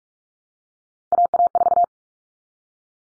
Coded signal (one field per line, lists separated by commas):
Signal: Morse code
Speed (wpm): 44 wpm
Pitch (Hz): 700 Hz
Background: none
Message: AA4